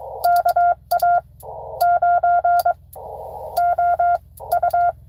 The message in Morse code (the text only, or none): KA9OU